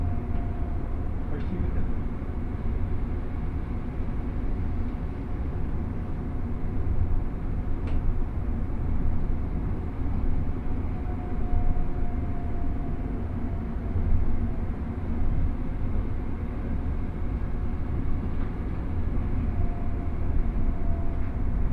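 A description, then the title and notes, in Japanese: A ride on the Osaka Monorail toward Osaka Airport: a dense, steady low rumble runs throughout, with a thin, constant whine held above it. A few brief clicks or knocks stand out near the start, around eight seconds and near the end. 鉄道旅 大物→梅田→蛍池→大阪空港。蛍池で大阪モノレールに乗り換えて１駅先の大阪空港へと向かいます。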